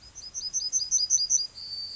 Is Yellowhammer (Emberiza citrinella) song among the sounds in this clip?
yes